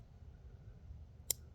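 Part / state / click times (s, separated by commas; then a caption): follower arm of a BB pistol stick magazine / seated / 1.3 s. The spring-loaded follower arm of an Umarex Smith & Wesson MP 40 BB pistol stick magazine is swung all the way down until it latches. Against a quiet low-frequency background, one sharp, bright click sounds at 1.3 s as the arm locks into position.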